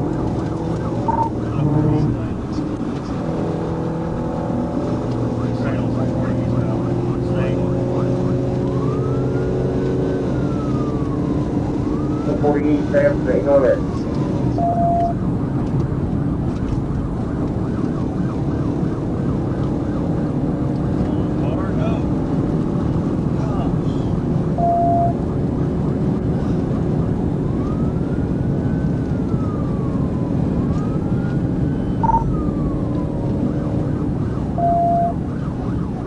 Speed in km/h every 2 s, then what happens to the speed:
167, 169, 174, 182, 190, 198, 203, 203, 190, 195, 200, 203, 206, 209, 211, 211, 193, 187.
0-12 speeds up to 203. 12-16 slows to 190. 16-27 speeds up to 211. 30-36 brakes to 187.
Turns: none.